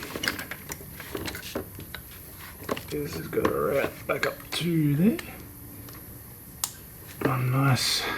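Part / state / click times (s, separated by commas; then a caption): wiring connector onto transmission socket / not seated / none. A wiring connector is handled at its transmission socket during a transmission refit on a turbo V6 with a new converter, with scattered sharp ticks and taps and someone talking. The plug has not yet been pushed home, and nothing has seated or clicked yet.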